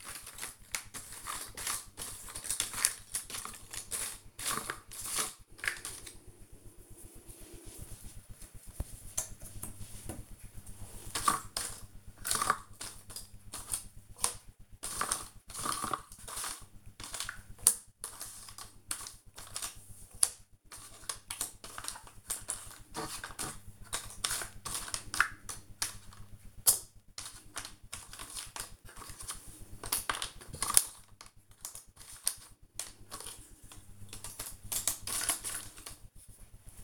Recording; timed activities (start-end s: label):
household activities, microphone on the right wrist
0.00-36.84 s: doing a puzzle